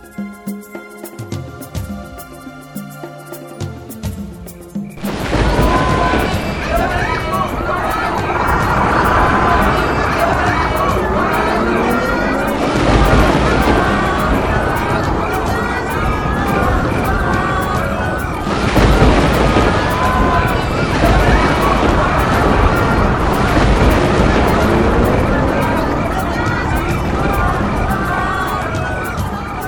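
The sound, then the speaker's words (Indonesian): A panicked crowd of evacuating residents runs toward a truck that will take them to an evacuation site, amid a dense, steady roar of shouting voices and scrambling movement, bursting in suddenly after a brief tonal opening and staying loud throughout. “Mereka berlari menuju truk yang akan membawa mereka ke tempat pengungsian.”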